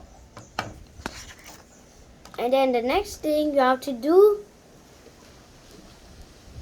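A plastic Joy-Con controller is slid down the side rail of the console or grip and attached, with faint sliding sounds before a sharp click at 0.6 s that seats it. A few softer clicks follow, and then someone talks.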